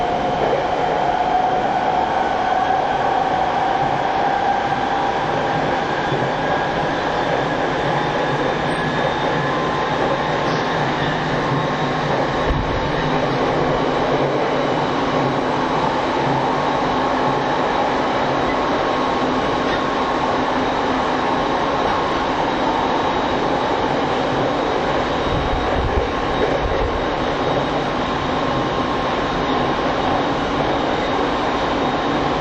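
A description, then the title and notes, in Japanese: A Rinkai Line TWR70-000 train running as a Saikyo Line rapid, with an original inverter whine like the 209 series. A steady, dense roar holds throughout, with a whistling tone near the start and faint low thumps around 12 and 26 seconds. 209系と同じオリジナルのインバータ音だった、TWR70-000形”埼京線快速”を収録したものです。新木場～川越。TWR70-000形 埼京線快速。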